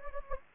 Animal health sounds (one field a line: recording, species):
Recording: mosquito wingbeat signal from an infrared sensor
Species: Anopheles gambiae